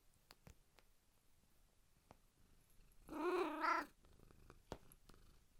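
Cat giving one short meow that bends upward near its end, amid faint clicks and taps in an otherwise quiet background.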